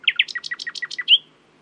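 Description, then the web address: Common nightingale song phrase, a fast run of sharp descending notes ending in a bright, loud whistle. "owen Common Nightingale (Luscinia megarhynchos)"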